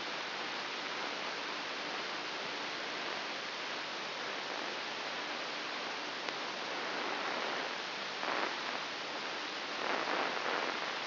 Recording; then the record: brain microelectrode recording played as sound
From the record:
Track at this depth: inside the subthalamic nucleus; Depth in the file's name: 3.402 mm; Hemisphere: right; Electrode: 3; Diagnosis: Parkinson's disease